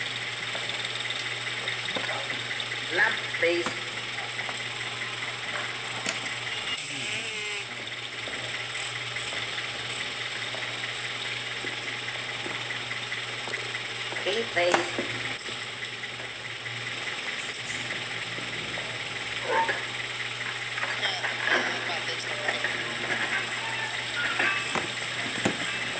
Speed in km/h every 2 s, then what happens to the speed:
0, 0, 0, 0, 0, 0, 0, 0, 0, 0, 0, 0, 0.
0-26 standing.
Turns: none.